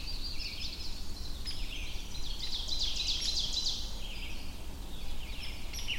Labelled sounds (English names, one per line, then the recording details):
Ovenbird song
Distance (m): 65 m
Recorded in boreal forest in Alberta, Canada, on 22 June 2016 at 06:24
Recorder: SongMeter 3, array SBT-6-76
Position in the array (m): 271 m, 68 m
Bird 1